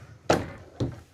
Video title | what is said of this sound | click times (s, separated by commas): 2022 Newmar Ventana 4369 - 5N221232 | and then automatically locks in place too so you don't have to have them closed | 0.3 s